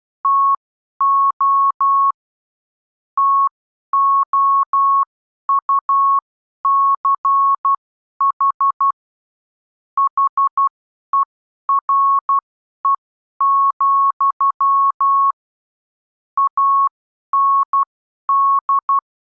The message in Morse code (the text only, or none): TO TOUCH HERE, AND